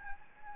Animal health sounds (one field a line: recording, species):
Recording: mosquito wingbeat signal from an infrared sensor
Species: Anopheles gambiae